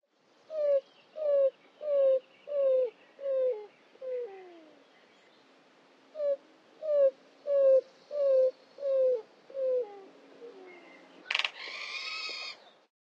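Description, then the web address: Greater roadrunner giving two series of low, descending coos, the first of about six notes and the second of about seven, spaced roughly two-thirds of a second apart, followed by a sharp click. Western USA. "Songs of Birds of North America Western USA Songbirds. Greater Roadrunner"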